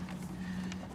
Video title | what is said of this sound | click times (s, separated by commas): Honda Odyssey Air Filter Change 2000 - 2004 | and then once it snaps into place and we're going to go ahead and tighten those screws up again | 0.7 s